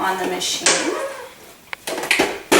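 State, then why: Seated. Someone talks while a filled, lidded steaming container is set onto the base of a Baby Brezza baby food steamer-blender. A short sharp tick at 1.7 s and a knock at 1.9 s are followed by the container clicking into place on the base at 2.1 s, where it is seated.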